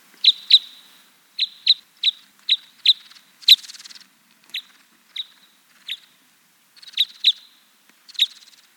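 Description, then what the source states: Red crossbill flight calls: about fourteen short, sharp chips across nine seconds, some in quick pairs, against a quiet background. Red crossbill of call type N, giving flight calls.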